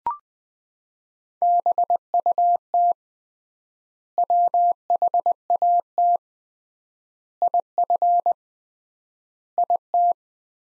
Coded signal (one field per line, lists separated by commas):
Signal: Morse code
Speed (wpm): 20 wpm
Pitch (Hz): 700 Hz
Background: none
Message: BUT WHAT IF IT